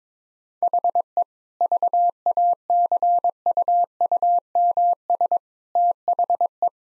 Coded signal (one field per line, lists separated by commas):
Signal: Morse code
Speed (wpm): 22 wpm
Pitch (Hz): 700 Hz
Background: none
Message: HE VACUUMS THE